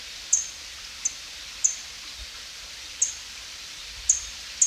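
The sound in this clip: White-headed brush finch giving very high, thin, sharp call notes, repeated at irregular intervals, over a steady soft hiss.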